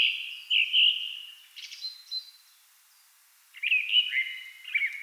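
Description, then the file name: Song thrush giving a few short whistled phrases separated by a pause of about a second, with some quieter twittering notes between. Recorded 28 April 2010. "Singdrossel Turdus philomelos 20100428"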